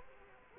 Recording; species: mosquito wingbeat signal from an infrared sensor; Culex quinquefasciatus